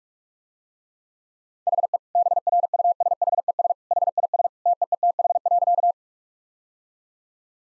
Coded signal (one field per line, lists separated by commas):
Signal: Morse code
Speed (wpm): 46 wpm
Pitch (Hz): 700 Hz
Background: none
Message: HE BRUSHES HIS TEETH.